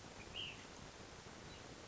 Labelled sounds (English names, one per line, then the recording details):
Ash-throated Flycatcher
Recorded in Sonoma County, California